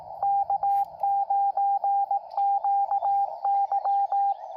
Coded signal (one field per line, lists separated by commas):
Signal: Morse code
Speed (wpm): 17 wpm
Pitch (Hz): 800 Hz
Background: radio noise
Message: K9QY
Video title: QRP POTA CW contact with K9QY - Ham Radio Morse Code